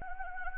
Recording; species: mosquito wingbeat signal from an infrared sensor; Anopheles gambiae